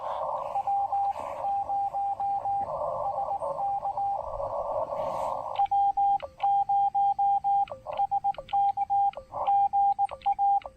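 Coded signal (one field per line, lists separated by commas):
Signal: Morse code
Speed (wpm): 19 wpm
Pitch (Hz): 800 Hz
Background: radio noise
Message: W0 SK W0 SK GA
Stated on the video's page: Morse from a Parks On The Air activation on the Blue Ridge Parkway using a Xiegu X5105 with an MFJ-1984LP EFHW antenna.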